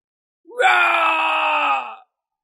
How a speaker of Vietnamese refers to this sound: Lại là một tiếng rống to, Chí Tùng, vị thứ ba vọt ra, toàn thân đẫm máu, ở nơi đó lão đảo sắp ngã xuống, tiếng gào bi thương vang vọng trên trời dưới đất.